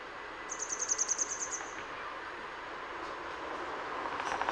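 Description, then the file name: Grey wagtail gives one quick series of high, sharp ticking notes, followed by swelling background noise. In Utrecht. "Grote gele kwikstaart in Utrecht - Sound Cloud - luc de bruijn"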